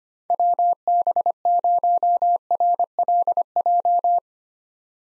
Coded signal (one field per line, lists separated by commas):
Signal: Morse code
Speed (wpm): 25 wpm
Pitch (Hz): 700 Hz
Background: none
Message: WB0RLJ